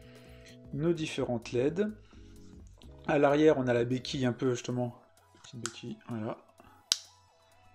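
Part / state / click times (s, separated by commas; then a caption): plastic kickstand into the back housing of a power bank / seated / 6.9 s. Someone talks over background music while folding the small plastic kickstand on the back of an Aukey Basix Pro 10000 mAh wireless-charging power bank. A sharp snap at 6.9 seconds is the kickstand clipping firmly shut into the back housing.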